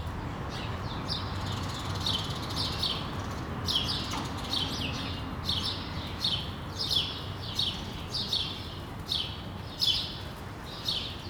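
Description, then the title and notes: Sparrows give a steady run of bright chirps with a constant low background hum underneath. Recorded on Rue de l'épargne, Brussels, Belgium, on World Sparrow Day; Lom mikroUši microphone into Deity PR-2 recorder. "Rue de l'épargne, Bruxelles, Bruxelles-Capitale, Belgique - World Sparrow Day. Sparrows - moineaux"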